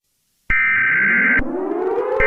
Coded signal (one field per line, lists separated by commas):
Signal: Emergency Alert System (SAME) tones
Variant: header bursts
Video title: EAS Mega Scenario: The Wrath of Chaos